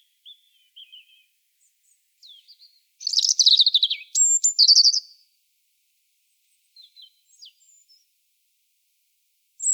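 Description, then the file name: European robin song, soft high notes, then a loud burst of rapid twittering trills, then soft scattered notes. "Erithacus rubecula"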